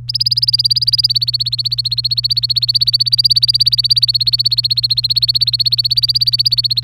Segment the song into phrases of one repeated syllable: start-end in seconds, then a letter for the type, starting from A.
0.08-6.83 A